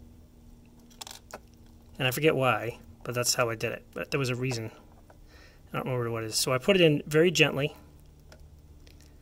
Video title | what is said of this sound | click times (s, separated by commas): Beta testers! Here's how to assemble my Cherry-compatible 3D printable stabilizer | not all the way i didn't snap it in all the way and it does snap in | 8.3 s